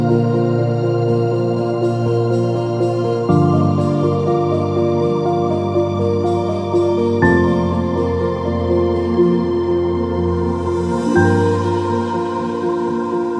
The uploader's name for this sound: Calm Piano Music Twilight Rain